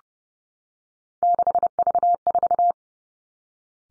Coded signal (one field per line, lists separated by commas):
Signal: Morse code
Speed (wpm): 32 wpm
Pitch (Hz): 700 Hz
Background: none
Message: 6V4